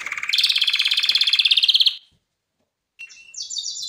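Canary song with a loud rapid rattling trill for two seconds, a silent gap, then a higher buzzy trill starts.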